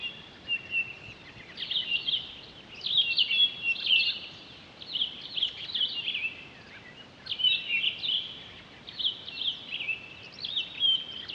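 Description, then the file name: Townsend's solitaire singing, sweet fluty warbled phrases strung together in a continuous rambling flow with brief pauses between bursts. On 23 October 2011. "20111023 townsends-solitaire"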